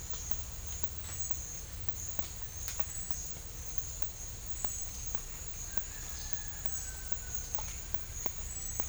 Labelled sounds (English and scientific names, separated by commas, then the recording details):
none
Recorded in secondary vegetation near Puerto Asís, Putumayo, Colombia, on 21 December 2024 at 11:30
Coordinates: 0.498, -76.327
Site GP07